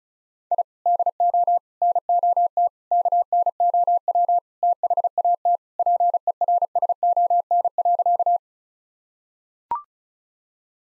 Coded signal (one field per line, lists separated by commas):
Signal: Morse code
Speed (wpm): 34 wpm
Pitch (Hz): 700 Hz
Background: none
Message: I DO NOT KNOW THAT PERSON.